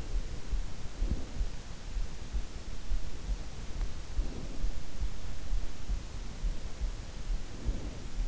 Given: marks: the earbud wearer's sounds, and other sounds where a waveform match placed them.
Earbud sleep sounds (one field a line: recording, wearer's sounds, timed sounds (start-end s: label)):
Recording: sounds in sleep by an in-ear microphone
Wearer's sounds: breath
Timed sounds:
0.24-2.31 s: breath
3.96-5.09 s: breath
7.29-8.28 s: breath